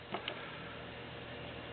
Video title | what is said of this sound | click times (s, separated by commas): GM P0101 MAF sensor replacement. How to replace a Mass Air Flow Sensor | you simply just push it on you don't have to pry back on that tab it'll just snap right into place just like that | 0.3 s